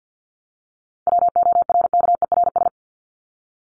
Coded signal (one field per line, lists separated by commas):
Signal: Morse code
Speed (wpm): 50 wpm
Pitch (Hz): 700 Hz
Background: none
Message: WORKERS